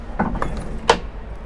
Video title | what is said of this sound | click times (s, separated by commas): Quicksilver - Activ 875 Sundeck - £147,000 | and then she locks into place | 0.9 s